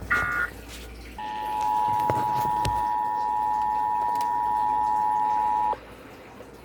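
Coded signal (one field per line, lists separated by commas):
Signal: Emergency Alert System (SAME) tones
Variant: 853 and 960 Hz attention tone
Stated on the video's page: Ohio Required Monthly Test, received on NOAA Weather Radio and relayed by broadcast stations, with music heard while tuning between stations.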